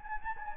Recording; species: mosquito wingbeat signal from an infrared sensor; Anopheles gambiae